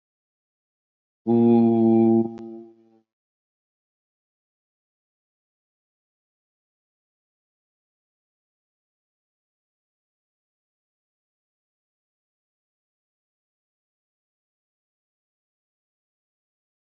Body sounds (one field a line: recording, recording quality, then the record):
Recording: sustained vowel as in boot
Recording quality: excellent, no background noise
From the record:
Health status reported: COVID-19 positive, no symptoms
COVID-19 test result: positive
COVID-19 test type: RT-PCR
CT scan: not taken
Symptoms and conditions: none ticked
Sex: male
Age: 24 years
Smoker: no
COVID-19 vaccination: both doses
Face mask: not worn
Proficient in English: yes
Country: India